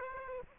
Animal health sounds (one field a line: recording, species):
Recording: mosquito wingbeat signal from an infrared sensor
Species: Aedes aegypti